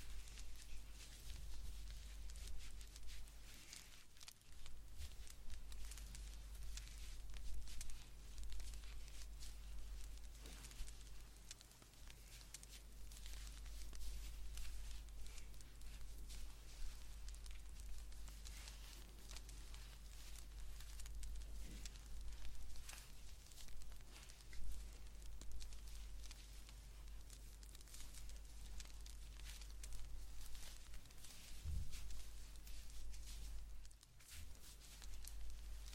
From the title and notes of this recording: ASMR Blanket Knitting To Put You To Sleep No Talking.